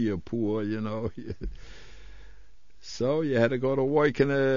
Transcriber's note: he laughs